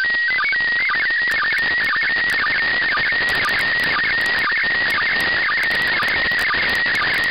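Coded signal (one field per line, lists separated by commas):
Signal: SSTV (slow-scan television)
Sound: warbling electronic tone jumping rapidly around a steady whistle, with hiss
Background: radio static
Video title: Receiving SSTV from the International Space Station - 14 April 2018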